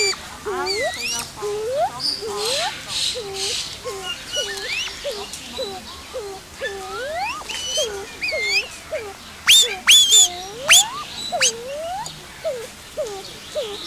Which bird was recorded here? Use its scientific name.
Crax alector